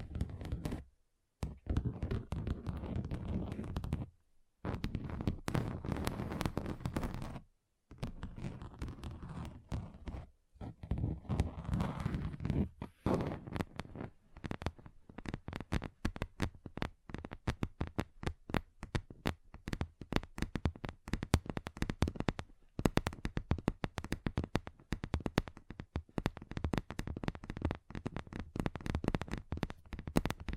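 Fingers tap on a table, starting as a dense low drumming with brief pauses, then turning into quicker, sharper separate taps that continue steadily.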